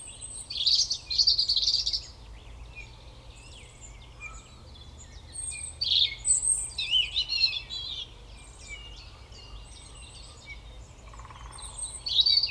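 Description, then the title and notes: European robin song, high twinkling warbled phrases separated by quiet gaps of several seconds. Recorded at Koniówka, Lesser Poland, Poland, using a Zoom F3 recorder with a Usi Pro microphone on a drop rig. "Koniówka, województwo małopolskie, Polska - Robin, King of the Petland. Recordist: Maciej Wirmański"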